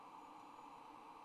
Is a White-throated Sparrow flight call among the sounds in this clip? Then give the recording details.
no. No flight call is heard. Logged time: 05:37 on 26 November 2014